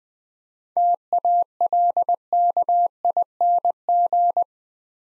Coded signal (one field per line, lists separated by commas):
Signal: Morse code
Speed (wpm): 20 wpm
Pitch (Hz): 700 Hz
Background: none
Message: TALKING